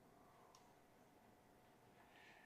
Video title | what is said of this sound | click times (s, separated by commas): How to Wire GM Open Barrel Connectors – Better Method | And that one's locked in too. | 0.6 s